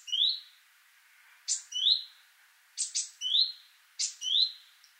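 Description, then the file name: Great tit calls: short upward-sweeping whistled notes, most preceded by a sharp click, repeated four times over light background hiss. "Parus major"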